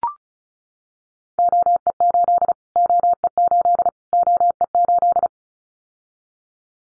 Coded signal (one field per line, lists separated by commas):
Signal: Morse code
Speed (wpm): 34 wpm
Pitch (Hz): 700 Hz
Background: none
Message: OE8 OE8 OE8